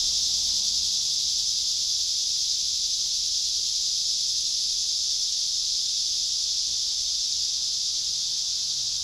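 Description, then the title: Continuous cicada drone, high and sizzling, steady in pitch and volume with no gaps. Cicadas at Trinity. "neoscenes: cicadas at Trinity"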